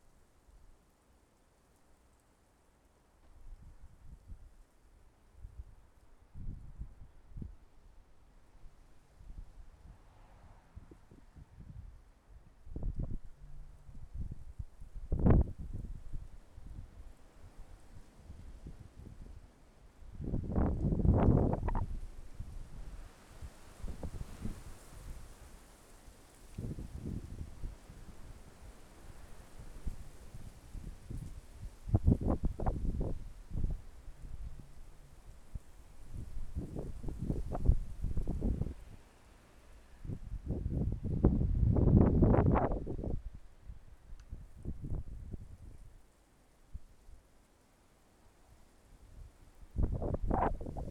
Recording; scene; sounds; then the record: everyday scene through a hearing-aid microphone; wind on the microphone; wind, traffic, birds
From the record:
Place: suburban garden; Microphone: behind the ear, left, rear